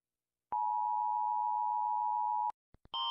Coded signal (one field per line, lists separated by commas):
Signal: Emergency Alert System (SAME) tones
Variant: 853 and 960 Hz attention tone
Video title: Rating eas alerts